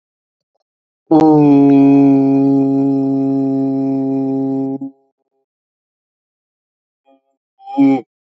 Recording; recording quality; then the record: sustained vowel as in boot; excellent, no background noise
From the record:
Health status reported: exposed to COVID-19, no respiratory illness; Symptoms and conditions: none ticked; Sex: male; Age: 26 years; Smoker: yes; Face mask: not worn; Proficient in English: yes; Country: India